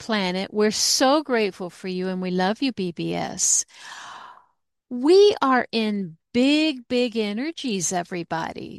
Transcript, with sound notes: We're so grateful for you and we love you, BBS. (gasps) We are in big, big energies, everybody.